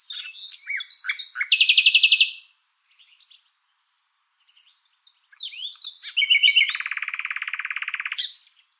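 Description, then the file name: Common nightingale song: varied whistles building into a loud buzzy trill, a silent pause, then another phrase ending in a long rapid rattle. "Luscinia megarhynchos"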